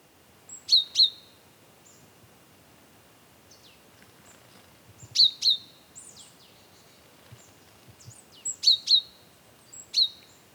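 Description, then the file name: Great tit giving crisp doubled high notes with gaps, plus some softer sliding notes. "Parus major"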